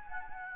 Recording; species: mosquito wingbeat signal from an infrared sensor; Anopheles gambiae